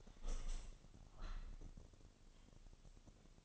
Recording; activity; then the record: daily activity, microphone in the room; open window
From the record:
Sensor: 4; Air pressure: 1001.4 hPa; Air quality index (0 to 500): 175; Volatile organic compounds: 2 ppm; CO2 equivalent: 1251 ppm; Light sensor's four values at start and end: 12/27/11/11 and 12/27/11/12